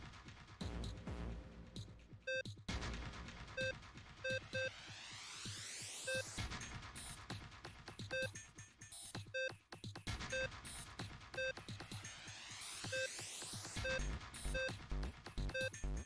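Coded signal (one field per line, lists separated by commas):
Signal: none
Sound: game puzzle music beeps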